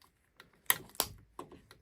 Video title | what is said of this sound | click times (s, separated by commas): Flydigi Vader 3 Pro Custom Accent Rings | and then push the others in and around until it snaps into place it's | 0.7 s, 1.0 s